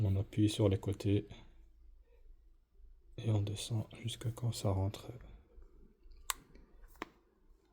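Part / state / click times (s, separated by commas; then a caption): smartphone display assembly into phone frame / seated / 6.3 s, 7.0 s. Someone talks while pressing an iPhone 13 Pro Max's display assembly down along its sides into the phone frame during reassembly after a battery replacement. Two sharp clicks are heard at 6.3 s and 7.0 s as the screen clips into the frame and seats.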